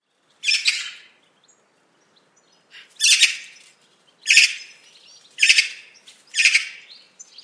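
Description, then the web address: Bird giving harsh, raspy chirping calls, five loud bursts at uneven gaps of about one to two and a half seconds, with near silence between them. "cianscape birddata Deverinetal 2025"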